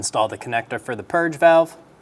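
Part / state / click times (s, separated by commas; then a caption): wiring harness connector onto EVAP purge valve / not seated / none. Someone talks while a plastic wiring harness connector is handled to go onto the EVAP purge valve on the engine of a 2003-2007 Honda Accord. No click is heard, and the connector has not seated or clicked in yet.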